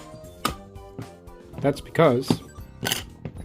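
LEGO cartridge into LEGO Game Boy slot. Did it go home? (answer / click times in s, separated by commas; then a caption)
yes / 0.5 s. A LEGO brick Super Mario Land cartridge is pushed down into the cartridge slot of a LEGO Game Boy, giving a sharp click at 0.5 s as it clicks onto the little studs. Someone then talks over background music, with a few more short clicks near the end. The cartridge is seated.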